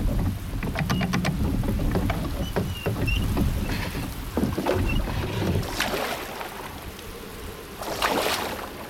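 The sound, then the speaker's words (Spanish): Oars dip and pull through water with splashing, sloshing strokes and occasional wooden knocks as a small boat is rowed carefully toward a dock in a harbor, with bursts of water noise near the end and no one speaking. “Hice caso omiso a la sensación de frío que me subía por las piernas a medida que me empapaba y remé cautelosamente hacia el muelle.”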